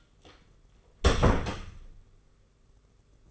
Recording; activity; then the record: daily activity, microphone in the room; close door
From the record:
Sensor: 4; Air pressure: 991.3 hPa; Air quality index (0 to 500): 134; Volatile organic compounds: 48 ppm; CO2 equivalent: 3264 ppm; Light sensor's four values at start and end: 12/29/11/12 and 9/21/8/9